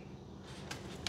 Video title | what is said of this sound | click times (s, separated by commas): FMS - Beaver V2 - 2m - Unbox, Build, & Radio Setup | and it'll just go right up in there and snap right into place so that's pretty sweet | 1.1 s